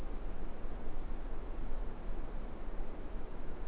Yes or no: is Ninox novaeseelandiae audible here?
no